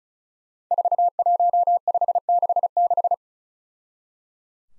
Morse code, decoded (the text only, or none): 41566